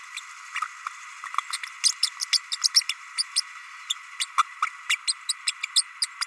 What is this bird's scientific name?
Forpus passerinus